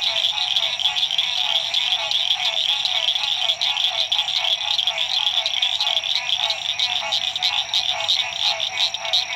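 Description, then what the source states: Dense frog chorus of high, rapid pulsed trills, many callers overlapping into an unbroken shimmering din. Frogs recorded at dusk at La Rue PH, Illinois.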